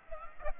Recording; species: mosquito wingbeat signal from an infrared sensor; Aedes aegypti